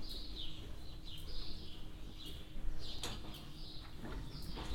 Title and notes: Knaphoscheid - farm yard. The sound of the animals moving in their boxes and the swallows inside the shed